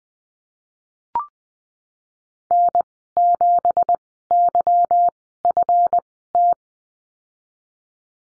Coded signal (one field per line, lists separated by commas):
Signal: Morse code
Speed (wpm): 19 wpm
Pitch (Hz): 700 Hz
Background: none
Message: N7YFT